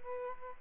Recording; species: mosquito wingbeat signal from an infrared sensor; Aedes albopictus